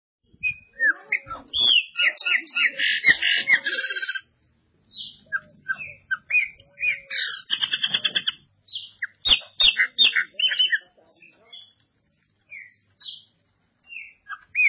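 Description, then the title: Ultramarine grosbeak singing bursts of rapid chirps, warbled slurs and harsh buzzy notes, phrases separated by short silences, with occasional sharp knocks. "Azulao"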